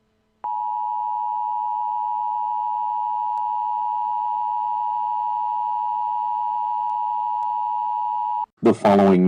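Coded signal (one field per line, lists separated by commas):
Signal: Emergency Alert System (SAME) tones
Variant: 853 and 960 Hz attention tone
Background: speech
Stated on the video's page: Fictional EAS scenario.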